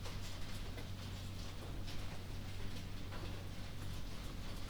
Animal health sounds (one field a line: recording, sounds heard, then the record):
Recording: poultry house recording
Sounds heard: no chicken sound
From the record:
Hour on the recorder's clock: 0